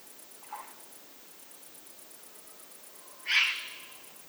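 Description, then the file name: Eurasian eagle-owl hissing: a faint short rasp, then a louder breathy hiss that fades away, against steady background noise. Juvenile. "puchacz mlodociany"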